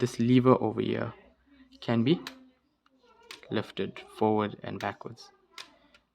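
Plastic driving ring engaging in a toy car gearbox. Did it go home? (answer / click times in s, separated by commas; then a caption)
yes / 5.6 s. Someone talks while a plastic lever on a LEGO Technic Nissan Skyline GT-R R34 brick-built car model is moved, sliding a plastic driving ring in its gearbox into mesh to gear up the drive so the rear wheels are driven by the front wheels three times faster. A short, sharp plastic click is heard at 5.6 s as the driving ring engages and seats.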